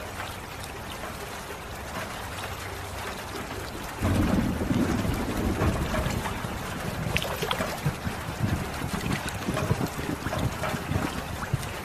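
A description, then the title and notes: Water sounds with a steady low hum and hiss for the first four seconds. At about four seconds it grows louder and rougher, with dense churning and splashing that continues unevenly to the end, plus a few brighter bursts around seven seconds. Meditation with Water Sounds.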